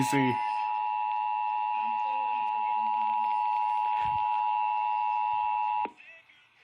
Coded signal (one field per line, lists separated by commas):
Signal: Emergency Alert System (SAME) tones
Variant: 853 and 960 Hz attention tone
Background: speech